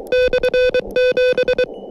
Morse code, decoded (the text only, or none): /7